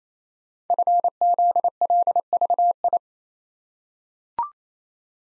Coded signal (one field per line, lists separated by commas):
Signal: Morse code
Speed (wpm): 27 wpm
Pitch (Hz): 700 Hz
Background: none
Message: FZLVI